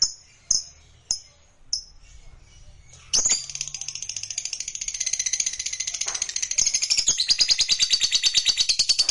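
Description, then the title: Lovebird calls: a few sharp separate high chirps, then a sustained rapid chattering trill of high pulses building in loudness. Recording meant to make a lazy, silent lovebird eager to sing, spontaneously going straight into narik (full song). "LOVEBIRD Malas Bunyi JADI GREGET SPONTAN Langsung NARIK"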